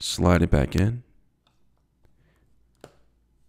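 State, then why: Seated. Someone talks, then the plastic battery compartment cap of a Braun ThermoScan ear thermometer is slid back onto the thermometer body after the batteries are inserted, with a few faint ticks along the way. A short, sharp click at 2.8 s marks the cap seating in place.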